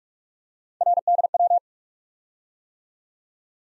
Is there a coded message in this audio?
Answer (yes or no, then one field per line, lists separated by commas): yes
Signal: Morse code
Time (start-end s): 0.8-1.6 s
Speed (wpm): 44 wpm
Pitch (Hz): 700 Hz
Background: none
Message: RDW